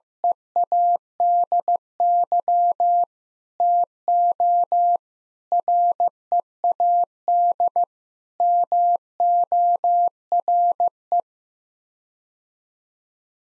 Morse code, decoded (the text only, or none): EADY TO READ MORE